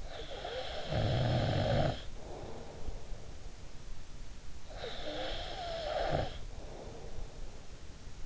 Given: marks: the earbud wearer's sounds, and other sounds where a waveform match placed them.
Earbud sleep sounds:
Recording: sounds in sleep by an in-ear microphone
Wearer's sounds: snoring breath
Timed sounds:
0.00-3.63 s: snoring breath
4.74-7.60 s: snoring breath

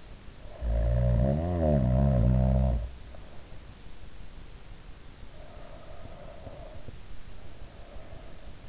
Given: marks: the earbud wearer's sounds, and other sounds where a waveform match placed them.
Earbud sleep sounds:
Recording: sounds in sleep by an in-ear microphone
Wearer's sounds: snoring breath, breath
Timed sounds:
0.39-4.34 s: snoring breath
5.25-8.68 s: breath

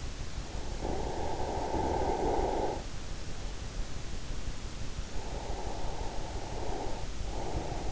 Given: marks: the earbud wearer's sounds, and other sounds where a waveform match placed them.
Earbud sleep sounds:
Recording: sounds in sleep by an in-ear microphone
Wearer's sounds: snoring breath, breath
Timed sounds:
0.78-2.90 s: snoring breath
5.29-7.92 s: breath

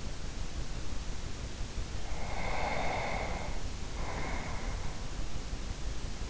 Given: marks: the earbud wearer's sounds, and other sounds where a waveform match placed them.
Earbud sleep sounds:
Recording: sounds in sleep by an in-ear microphone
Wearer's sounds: breath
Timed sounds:
2.15-5.38 s: breath

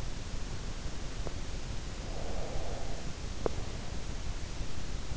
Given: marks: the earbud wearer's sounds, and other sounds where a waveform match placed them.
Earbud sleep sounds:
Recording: sounds in sleep by an in-ear microphone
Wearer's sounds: breath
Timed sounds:
2.08-4.17 s: breath

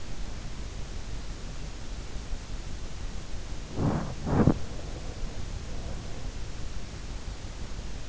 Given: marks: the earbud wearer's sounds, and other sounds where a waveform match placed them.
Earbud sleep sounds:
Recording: sounds in sleep by an in-ear microphone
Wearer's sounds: body movement, breath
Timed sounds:
3.68-4.66 s: body movement
4.43-6.66 s: breath

